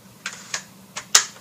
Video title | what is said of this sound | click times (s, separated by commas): How to Use a Drill | It can be placed back in by sliding the battery on until it clicks. | 1.2 s